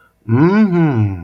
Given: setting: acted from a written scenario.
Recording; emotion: vocal sound without words; desire